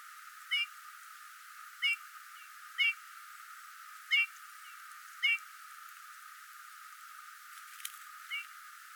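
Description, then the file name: Eurasian bullfinch giving a series of mellow piped notes, spaced about a second apart, then a pause and a quieter note near the end. "Pyrrhula pyrrhula"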